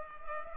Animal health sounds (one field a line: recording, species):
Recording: mosquito wingbeat signal from an infrared sensor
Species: Culex pipiens